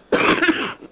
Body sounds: coughing mixed with background sound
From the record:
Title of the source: 31 night wet cough

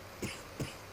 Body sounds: coughing mixed with background sound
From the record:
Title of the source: Dry Afternoon Cough

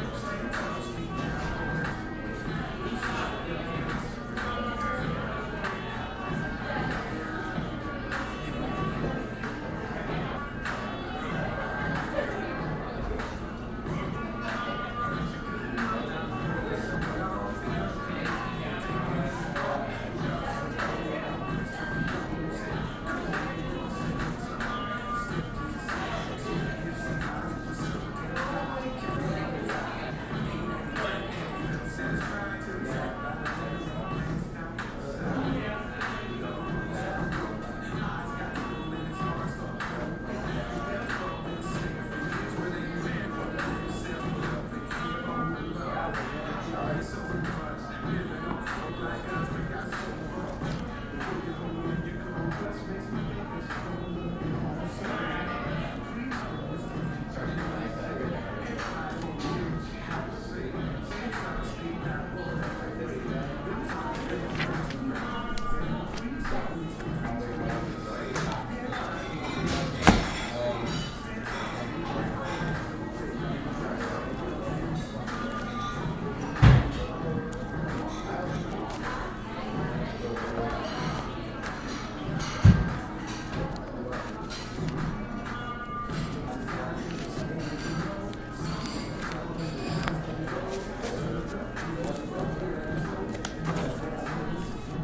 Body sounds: background sound without coughing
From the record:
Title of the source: 60 minutes of coffee shop sounds for study and concentration

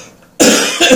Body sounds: coughing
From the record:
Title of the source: Spring Cold Coughing.

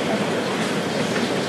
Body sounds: background sound without coughing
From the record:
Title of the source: Office Sounds Ambience - Background Noise for Study and Work

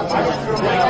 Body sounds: background sound without coughing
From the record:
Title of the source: Nightlife Party Simulating Party Club Noise 1 Hour

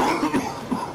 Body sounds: coughing mixed with background sound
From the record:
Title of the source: Coughing 77

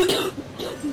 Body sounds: coughing mixed with background sound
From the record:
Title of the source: 30 Chesty and wet cough

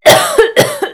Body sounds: coughing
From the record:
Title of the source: Coughing Woman Sound - Woman Cough Sound Effect

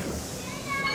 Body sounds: coughing mixed with background sound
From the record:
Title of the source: Residual Phlegmy Morning Coughing and Gagging

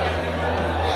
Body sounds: background sound without coughing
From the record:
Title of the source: CITY SOUNDS Busy Bar in the Evening Night - 2 HOURS of Ambiance for Relaxation

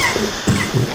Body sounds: coughing mixed with background sound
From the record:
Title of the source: Mid-morning Winter Coughing Fit

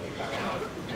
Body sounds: coughing mixed with background sound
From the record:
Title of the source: Barking cough - # 10

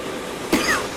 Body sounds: coughing mixed with background sound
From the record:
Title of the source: 34 coughing up crap again

